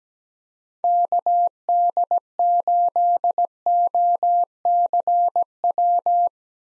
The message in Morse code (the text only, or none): KD8OCW